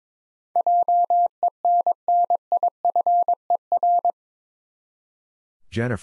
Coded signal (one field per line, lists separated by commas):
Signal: Morse code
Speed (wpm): 22 wpm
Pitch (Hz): 700 Hz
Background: none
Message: JENNIFER